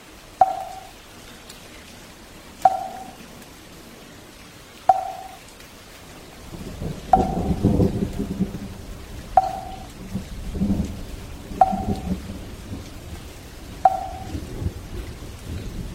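A wooden fish is struck at a slow, even pace, one hollow knock about every two seconds, each ringing briefly. Rain patters softly underneath, and from about six seconds a deeper rumbling swell joins in and lingers.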